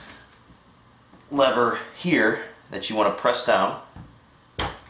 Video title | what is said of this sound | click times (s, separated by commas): Jetson BEAM electric scooter Review | click you can go ahead and open it up and this | 4.6 s